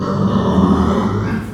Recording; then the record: squeal of a Yucatan mini pig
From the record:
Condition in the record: after surgery on the right vocal fold (resection and tissue-engineered implant); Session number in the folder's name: 16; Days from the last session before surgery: 183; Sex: female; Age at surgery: 19 weeks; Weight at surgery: 25 kg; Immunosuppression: prednisolone